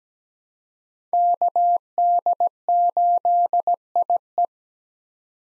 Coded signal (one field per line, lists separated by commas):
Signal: Morse code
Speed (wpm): 17 wpm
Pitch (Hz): 700 Hz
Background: none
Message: KD8IE